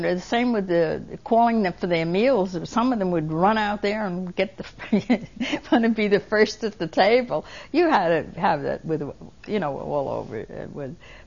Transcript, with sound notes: And it was the same with, uh, calling them for their meals. Some of them would run out of there and get the (she laughs) want to be the first at the table. You had a, have a, with, you know, all over.